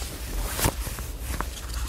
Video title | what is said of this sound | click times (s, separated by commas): etrailer - Tekonsha Prodigy P3 Trailer Brake Controller Installation - 1995 Ford F-150 | we will hear a click when it's securely in place you | 1.4 s